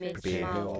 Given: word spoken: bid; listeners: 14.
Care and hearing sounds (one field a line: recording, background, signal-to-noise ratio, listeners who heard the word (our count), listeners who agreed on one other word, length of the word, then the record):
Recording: one English word in noise, from a listening test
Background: four-talker babble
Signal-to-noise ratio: -0.3 dB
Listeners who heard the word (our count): 0 of 14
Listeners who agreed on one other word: 6 of 14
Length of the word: 0.40 s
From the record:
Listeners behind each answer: 6, 3, 2, 1, 1, 1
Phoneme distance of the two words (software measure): 10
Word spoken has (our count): 1 syllable, 3 phonemes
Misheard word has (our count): 1 syllable, 3 phonemes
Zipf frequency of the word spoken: 5.14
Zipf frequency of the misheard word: 3.98